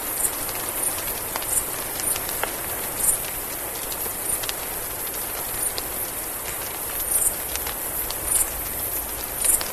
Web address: mexican free-tailed bat